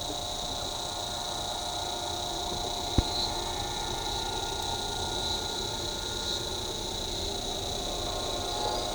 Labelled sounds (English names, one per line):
none